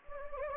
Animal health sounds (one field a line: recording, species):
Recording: mosquito wingbeat signal from an infrared sensor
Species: Anopheles gambiae